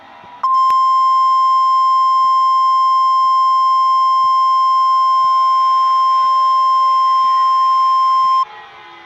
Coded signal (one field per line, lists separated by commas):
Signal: Emergency Alert System (SAME) tones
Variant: 1050 Hz attention tone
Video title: EAS SCENARIO 1= nightmare decrane and reverse victora